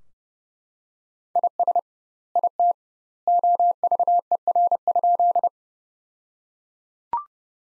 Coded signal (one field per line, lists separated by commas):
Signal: Morse code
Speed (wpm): 32 wpm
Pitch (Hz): 700 Hz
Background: none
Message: IS IT OVER?